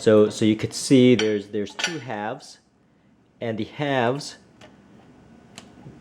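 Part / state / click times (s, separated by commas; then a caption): plastic utensil basket half joining the other half / not seated / none. Someone talks while handling the two plastic halves of a replacement universal-fit dishwasher utensil basket, which are pushed together to snap in place. A few faint knocks and one short, sharp tick follow in the quiet after the talking. The halves have not yet snapped in place; nothing has seated or clicked.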